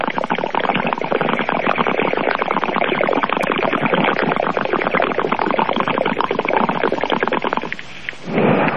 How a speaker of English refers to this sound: All right, take me out with the buzzer, Tom. Here it comes.